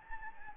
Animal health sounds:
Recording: mosquito wingbeat signal from an infrared sensor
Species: Anopheles gambiae

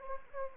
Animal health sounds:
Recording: mosquito wingbeat signal from an infrared sensor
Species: Anopheles arabiensis

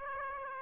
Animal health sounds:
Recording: mosquito wingbeat signal from an infrared sensor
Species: Aedes aegypti

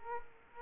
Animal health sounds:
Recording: mosquito wingbeat signal from an infrared sensor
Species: Culex quinquefasciatus

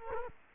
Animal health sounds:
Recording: mosquito wingbeat signal from an infrared sensor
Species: Culex quinquefasciatus

